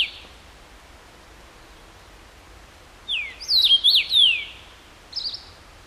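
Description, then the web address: Common rosefinch singing one clear whistled phrase of several rising and falling slurred notes, then a short single whistle. Recorded 14 June 2012; recording marked KBGD. "June 14 2012 C erythrinus KBGD"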